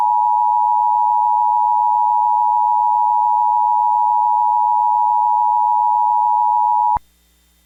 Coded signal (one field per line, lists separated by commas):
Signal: Emergency Alert System (SAME) tones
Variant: 853 and 960 Hz attention tone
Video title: (Test) EAS: Colorado CDW